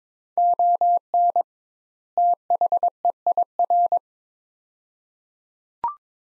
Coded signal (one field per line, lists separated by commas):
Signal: Morse code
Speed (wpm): 22 wpm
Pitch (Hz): 700 Hz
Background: none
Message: ON THEIR